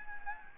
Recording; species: mosquito wingbeat signal from an infrared sensor; Anopheles gambiae